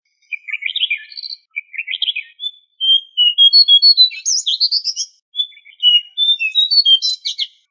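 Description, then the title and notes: Bird song: lively, varied phrases of rapid whistled and chirping notes, some rising and warbling, delivered in short bursts separated by brief pauses, with no other sounds. Birdsong from Indonesia. "Kumpulan Kicau Burung Indonesia"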